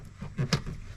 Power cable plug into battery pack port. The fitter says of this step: push it down till you hit the click